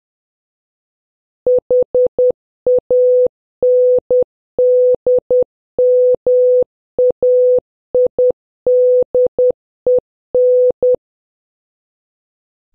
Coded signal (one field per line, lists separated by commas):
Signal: Morse code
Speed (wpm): 10 wpm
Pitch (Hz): 500 Hz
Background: none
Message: HANDMAIDEN